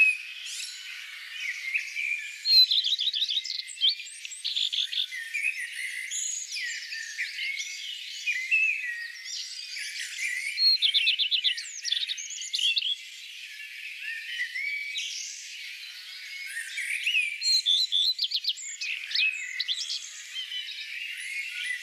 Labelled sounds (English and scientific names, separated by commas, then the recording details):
Common Redstart (Phoenicurus phoenicurus) song
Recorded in the wild
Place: Flögelner See, Schleswig-Holstein, DE
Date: 2004-05-05
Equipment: MiniDisc Sharp MT 20 H, Telinga DAT, Telinga-Parabolspiegel
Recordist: Schwarz, Dieter